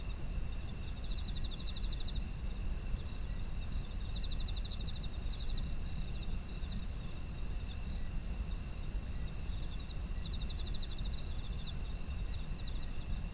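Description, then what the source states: Insects chirp in fast pulsed bursts roughly a second long, three across the stretch, with unbroken high-pitched insect drones and low rumble underneath. Ambient sound of autumn insects.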